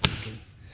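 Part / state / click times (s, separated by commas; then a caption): plastic storage lid onto blender bowl / seated / 0.0 s. A plastic storage lid is pushed down onto the plastic bowl of a Ninja Master Prep Blender System and snaps on with one sharp, loud snap at about 0.1 s. A brief low thud and quiet rumble follow, and the lid is seated firmly on the bowl.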